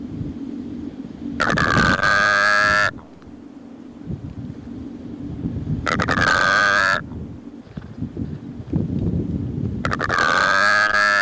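Secretarybird uttering three long, rasping, groaning calls separated by pauses, each steady and nasal, over a low rumbling background.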